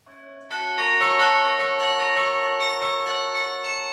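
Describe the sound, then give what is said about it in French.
The carillon of Lyon, played by Jean-Bernard Lemoine, rings out a tune, a steady succession of bright, overlapping metallic strikes with long shimmering overtones, a single low tone at first, then a fuller cascade of notes. “il est nécessaire de faire une pause musicale pour écouter la beauté, la précision, la rigueur du carillon, le carillon lyonnais, une interprétation par Jean-Bernard Lemoine qui interprète justement la lyonnaise, beauté du carillon lyonnais.”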